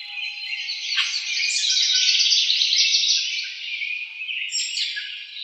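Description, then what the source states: House wren song, a rich tumbling stream of fast chattering trills, swelling in the middle then continuing in quieter bubbling phrases. Recorded 2007-01-04.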